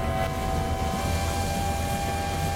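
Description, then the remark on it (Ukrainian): A train speeds along the rails through snow in a steady, continuous rumble, with a low rolling roar and faint sustained humming tones above it, holding an even loudness throughout with no voices. “Поїзд мчить у снігову безвість.”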